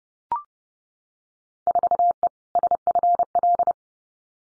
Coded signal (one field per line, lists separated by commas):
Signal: Morse code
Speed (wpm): 30 wpm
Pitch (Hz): 700 Hz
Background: none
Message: 4E SFL